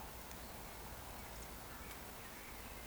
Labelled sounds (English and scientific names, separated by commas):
Eurasian Woodcock (Scolopax rusticola) whistle